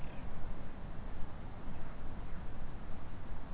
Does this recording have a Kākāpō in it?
no